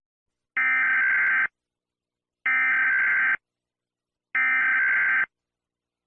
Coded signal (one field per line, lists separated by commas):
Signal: Emergency Alert System (SAME) tones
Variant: header bursts